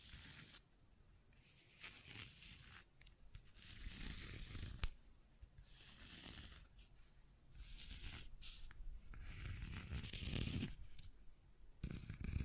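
Scratching and tracing sounds come in irregular rough strokes, bright hissy scrapes alternating with low rumbling rubs, growing denser and louder toward the end.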